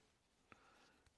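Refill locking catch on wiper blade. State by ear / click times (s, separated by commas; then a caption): released / 0.5 s. On a Volvo XC60 wiper blade, a screwdriver pushes the plastic locking catch across in the direction of the arrow to unlock the old rubber refill. A sharp, short click is heard at 0.5 s, with a fainter tick near 1.1 s against a quiet background. The catch clicks open and the refill is released.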